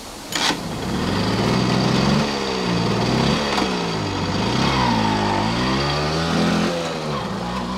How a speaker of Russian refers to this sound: Для поездки Даймлер и Майбах, однако, впрягли не лошадь, как обычно, а установили в карету свой двигатель мощностью 1,5 лошадиные силы с частотой 600 оборотов в минуту. Четырехколесный экипаж ехал по улицам города, словно движимый невидимой силой.